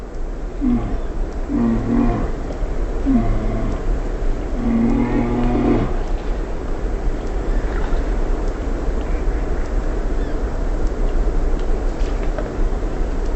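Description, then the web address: Mammal guttural calls: a few short, deep, throaty calls in the first six seconds, the last one longer, then only a continuous low rumbling noise. Mammal recorded in Katmai, Alaska, on 15 September 2010 at about 07:00, giving guttural calls. "alaska MAMMALS KATM 20100915 Guttural"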